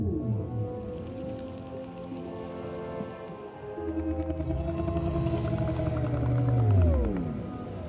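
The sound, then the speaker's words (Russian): Deep, drawn-out underwater calls of the giant whale Chudo-Yudo Ryba-Kit moan with rich harmonics. They swell louder and end in a long, sinking glide over a steady watery hiss, with no voices. “Он здесь! Чудо-юдо! Рыба-кит!”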